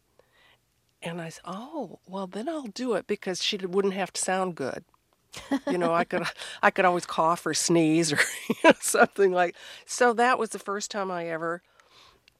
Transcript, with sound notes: And I said, oh, well, then I'll do it because she wouldn't have to sound good.
(Laughter).
You know, I could always cough or sneeze or, you know, something (laughter) like - so that was the first time I ever